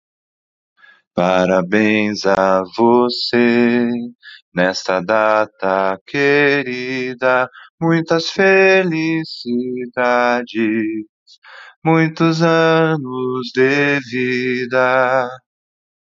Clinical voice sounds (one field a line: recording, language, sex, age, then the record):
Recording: short text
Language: Brazilian Portuguese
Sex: male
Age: 30 to 39 years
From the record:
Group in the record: control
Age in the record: 34 years